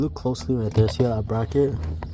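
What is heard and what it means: A man talks while the metal retaining bracket behind the headlight of an INFINITI FX37, QX70 or FX50 is handled, to be pushed down and over into its groove in the headlight housing to lock an AUXITO D2S LED bulb in place. Nothing has seated or clicked yet; the bracket is not yet home when the clip ends.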